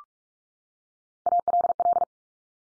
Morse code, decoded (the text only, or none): ALL